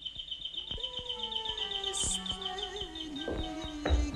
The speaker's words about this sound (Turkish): Duymuyor musunuz zil sesini? Mutlaka benim mi açmam gerek?